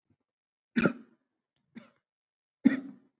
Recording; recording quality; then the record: shallow voluntary cough; excellent, no background noise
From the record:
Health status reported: COVID-19 positive, mild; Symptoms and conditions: cough, sore throat, fever, fatigue, hypertension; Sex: female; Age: 47 years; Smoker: not ticked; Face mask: not worn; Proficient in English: yes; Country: India